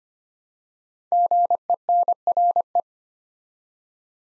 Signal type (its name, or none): Morse code